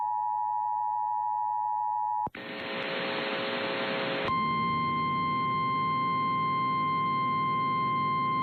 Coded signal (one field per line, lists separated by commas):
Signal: Emergency Alert System (SAME) tones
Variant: 853 and 960 Hz attention tone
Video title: Severe Thunderstorm Warning on 790 KGHL-AM & 92.5 KBXI-FM (8/13/22) (EAS #1,464 & 1,465)